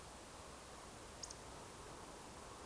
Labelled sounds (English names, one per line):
Eurasian Woodcock whistle